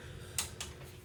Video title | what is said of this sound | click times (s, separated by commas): B20Vtec Build Part 1 Port work and Assembly by SRDmotorsports | 18 feet pounds torque yes sir you can hear the click | 0.4 s